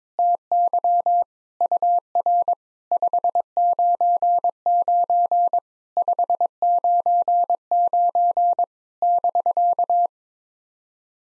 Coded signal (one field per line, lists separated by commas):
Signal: Morse code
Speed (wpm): 22 wpm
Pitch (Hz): 700 Hz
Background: none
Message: TY UR 599 599 <BK>